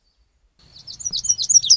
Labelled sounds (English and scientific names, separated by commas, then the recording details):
Lazuli Bunting (Passerina amoena)
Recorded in Sonoma County, California